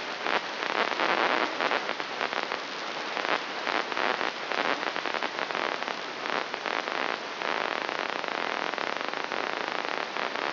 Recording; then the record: brain microelectrode recording played as sound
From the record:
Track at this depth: outside the subthalamic nucleus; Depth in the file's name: 0.913 mm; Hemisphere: left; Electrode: 3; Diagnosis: Parkinson's disease